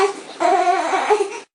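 Brief infant 'eh' cry pushed out in short bursts, the Dunstan Baby Language sound of a baby needing to burp: gas trapped in the top of the chest makes the diaphragm contract and relax to get it out, pushing air and sound out in bursts.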